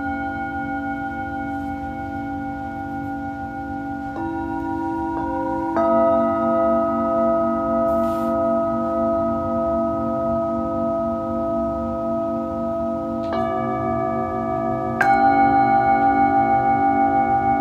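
A Tibetan singing bowl rings with a steady, sustained hum and shimmering overtones that barely fade. New strikes layer onto the tone at about 4, 6, 13 and 15 seconds, each adding brighter ringing partials and slightly raising the level. A soft low rumble runs underneath throughout.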